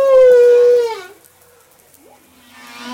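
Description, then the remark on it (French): Humpback whale song recorded off Madagascar with the association Cetamada: a loud, sustained moaning tone rich in harmonics fades out, then a softer, lower call with a brief upward swoop drones on before rising again. “Alors aidez-nous Olivier Adam à analyser un chant de baleine que vous avez enregistré au large de Madagascar.”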